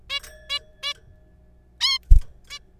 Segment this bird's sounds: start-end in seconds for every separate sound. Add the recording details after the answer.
0.10-0.19, 0.49-0.59, 0.83-0.93, 1.81-1.99, 2.50-2.58. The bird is a juvenile. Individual R3428